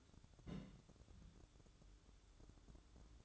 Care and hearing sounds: daily activity, microphone in the room; place on stove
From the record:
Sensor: 3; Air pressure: 1008.1 hPa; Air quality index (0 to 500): 119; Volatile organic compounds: 2 ppm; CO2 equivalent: 989 ppm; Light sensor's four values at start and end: 9/21/8/8 and 9/21/8/8

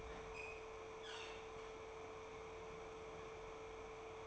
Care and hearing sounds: daily activity, microphone in the room; open fridge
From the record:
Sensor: 1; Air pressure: 1015.0 hPa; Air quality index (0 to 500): 194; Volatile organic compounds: 22 ppm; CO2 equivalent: 2744 ppm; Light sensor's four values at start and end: 31/76/33/39 and 31/76/32/39

